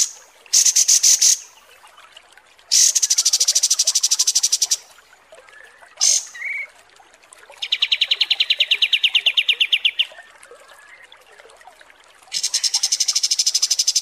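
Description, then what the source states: Kapas tembak song: several long bursts of very rapid high trilling, with a lower pulsed trill in the middle and short gaps between phrases. Masteran training recording for teaching songbirds.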